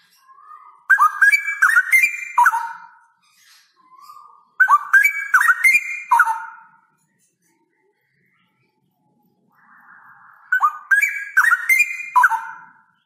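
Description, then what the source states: Straw-headed bulbul song, three loud bubbling whistled phrases, each about two seconds long and separated by pauses. Male Cucak Rowo singing actively (gacor) in a loud voice with long rolling trills; the recording is meant as a tutor recording (masteran).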